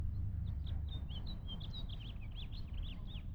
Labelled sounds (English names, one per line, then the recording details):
House Finch song
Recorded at Oceanside on Long Island, New York, on 17 June 1975
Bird A